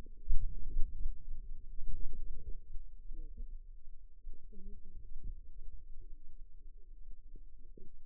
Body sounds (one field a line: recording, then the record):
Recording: forearm muscle sounds (acoustic myography)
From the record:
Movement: outward rotation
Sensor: system 2, bracelet of six BSWA MPA416 microphones around the upper forearm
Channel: 1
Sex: female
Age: 21 years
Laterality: right